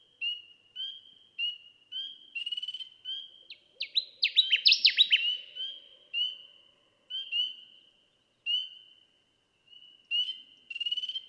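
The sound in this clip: Connecticut warbler song, a strong burst of quick falling notes midway, amid regularly repeated high whistled notes.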